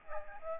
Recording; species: mosquito wingbeat signal from an infrared sensor; Aedes aegypti